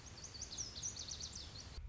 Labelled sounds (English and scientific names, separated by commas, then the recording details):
Lazuli Bunting (Passerina amoena)
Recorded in Sonoma County, California